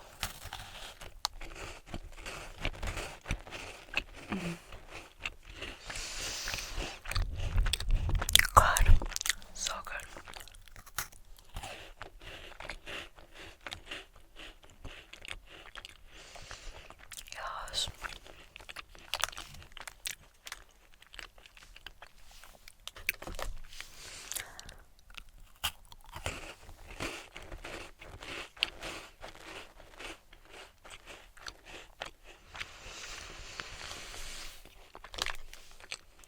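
Someone eats German snacks, with steady crunching and chewing clicks running through the whole clip. A louder, fuller stretch with some voice comes around seconds 6 to 9, and brief bright rustling bursts return near 17 and 33 seconds.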